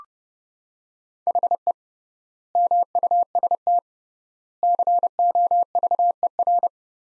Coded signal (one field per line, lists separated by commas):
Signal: Morse code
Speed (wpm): 30 wpm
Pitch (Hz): 700 Hz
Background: none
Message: HE MUST COVER